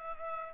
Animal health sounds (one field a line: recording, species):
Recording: mosquito wingbeat signal from an infrared sensor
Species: Culex pipiens